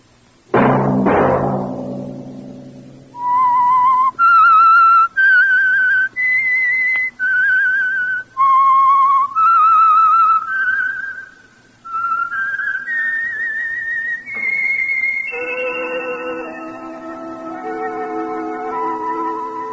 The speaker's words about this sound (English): Let that whistle be your signal for the Signal Oil program, The Whistler, each Sunday night at this same time.